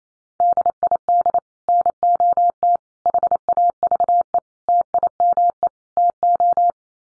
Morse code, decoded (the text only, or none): DID NOT HAVE TIME TO